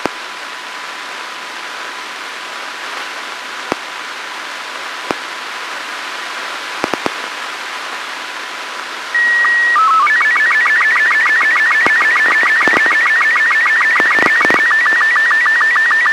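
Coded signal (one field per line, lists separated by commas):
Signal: SSTV (slow-scan television)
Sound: hiss and clicks, then a start tone and fast warbling tones with regular low blips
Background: radio static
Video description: There are four different SSTV images in this audio stream , spaced at about 2 mts duration.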